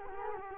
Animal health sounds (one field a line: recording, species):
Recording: mosquito wingbeat signal from an infrared sensor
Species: Culex quinquefasciatus